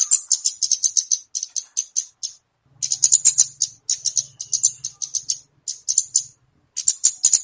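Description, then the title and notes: Flowerpecker song: bursts of high, dry ticking trills repeated with short gaps, plus a faint low hum for a few seconds midway. Song used to lure birds (pikat); local names Kemade, Cabe Cabean. "Kicau Untuk Pancing Burung Kemade ( Cabe Cabean). Suara Burung Cabe Cabean Pikat"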